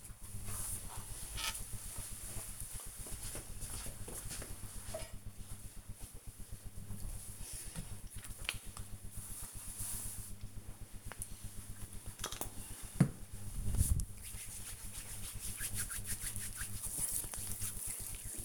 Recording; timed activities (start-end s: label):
household activities, microphone on the right wrist
7.68-18.44 s: cream hands